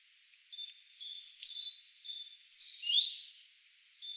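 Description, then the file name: Great tit giving a continuous scratchy chatter of high notes, a few sharper accented notes standing out, against light hiss. "Parus major"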